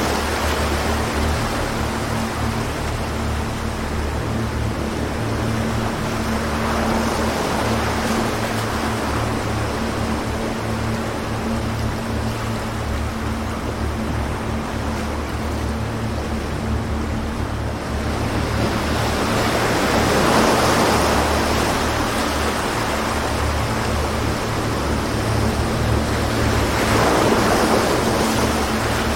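Waves wash in steadily, with broader surges swelling around 7, 20 and 27 seconds over a constant hiss of water. Beneath it runs a low, even hum with a faint droning tone, like an engine or motor, and the level rises slightly in the second half.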